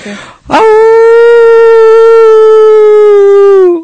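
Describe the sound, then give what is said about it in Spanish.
A person imitates a long, steady howl, a single sustained wavering tone held for about three seconds after a brief breathy lead-in, loud and harmonically rich like a dog's howl. “Me gustó mucho y ahora el aullido. Tenés que aullar.”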